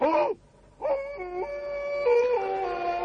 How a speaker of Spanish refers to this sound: Viole no oyó el aullido primero, pero sí el siguiente.